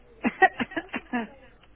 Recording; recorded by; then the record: voluntary cough; telephone call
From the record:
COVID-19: negative